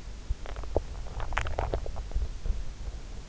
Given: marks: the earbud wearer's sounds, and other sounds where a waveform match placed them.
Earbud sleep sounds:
sounds in sleep by an in-ear microphone; swallowing
0.43-3.08 s: swallowing

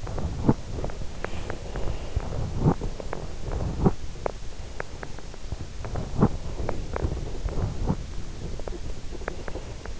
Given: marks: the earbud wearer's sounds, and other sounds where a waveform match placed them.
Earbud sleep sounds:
sounds in sleep by an in-ear microphone; teeth grinding, breath, body movement
0.00-1.18 s: teeth grinding
1.46-2.58 s: breath
2.42-3.67 s: teeth grinding
3.68-4.25 s: teeth grinding
4.25-9.06 s: body movement
6.40-7.99 s: breath
9.06-9.99 s: breath

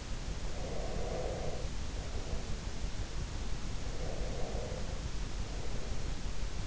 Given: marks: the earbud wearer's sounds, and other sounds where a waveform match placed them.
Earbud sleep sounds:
sounds in sleep by an in-ear microphone; breath
0.53-2.94 s: breath
3.85-6.25 s: breath

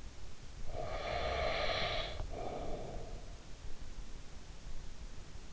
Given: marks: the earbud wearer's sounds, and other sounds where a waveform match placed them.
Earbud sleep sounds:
sounds in sleep by an in-ear microphone; breath
0.30-4.00 s: breath

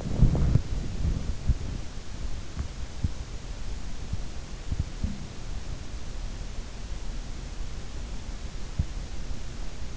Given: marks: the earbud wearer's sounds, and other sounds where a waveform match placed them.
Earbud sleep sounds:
sounds in sleep by an in-ear microphone; body movement
0.00-2.00 s: body movement
4.94-5.43 s: sound from someone else or the room

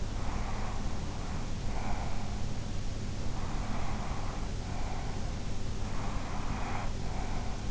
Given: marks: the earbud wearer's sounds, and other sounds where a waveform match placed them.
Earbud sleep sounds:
sounds in sleep by an in-ear microphone; breath
0.00-2.51 s: breath
3.29-5.35 s: breath
5.91-7.66 s: breath

